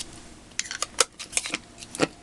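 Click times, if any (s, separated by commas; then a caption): 1.0 s. A plastic lid is pressed closed onto a Distress ink pad case, a tight-fitting lid meant to keep moisture out. A series of sharp plastic clicks and handling taps sounds between about 0.6 and 2.0 seconds, with the loudest snap at 1.0 s as the lid seats shut.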